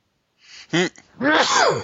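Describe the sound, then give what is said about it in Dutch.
A person sneezes once: a breathy inhale and a short catch, then a loud, explosive burst that trails off in a voiced, ringing exhale. No one speaks. “Gezondheid.”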